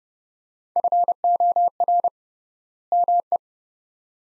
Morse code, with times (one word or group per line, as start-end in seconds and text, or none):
0.8-2.1 FOR
2.9-3.4 ME